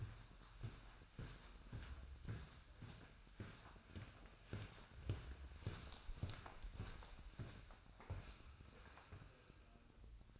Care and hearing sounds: daily activity, microphone in the room; walk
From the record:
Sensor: 2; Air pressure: 1009.2 hPa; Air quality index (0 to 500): 180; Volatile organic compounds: 2 ppm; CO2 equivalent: 1313 ppm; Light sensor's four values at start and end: 49/126/54/60 and 48/125/53/60

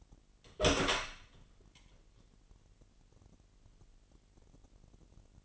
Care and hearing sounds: daily activity, microphone in the room; open door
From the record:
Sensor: 4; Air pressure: 999.1 hPa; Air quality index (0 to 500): 118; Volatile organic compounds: 2 ppm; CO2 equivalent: 1167 ppm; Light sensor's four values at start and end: 12/29/11/12 and 12/31/12/14

